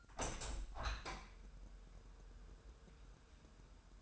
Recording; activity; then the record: daily activity, microphone in the room; open window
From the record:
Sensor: 2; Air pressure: 999.8 hPa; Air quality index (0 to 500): 228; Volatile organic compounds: 60 ppm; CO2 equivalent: 3411 ppm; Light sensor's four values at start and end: 8/19/8/8 and 8/20/8/8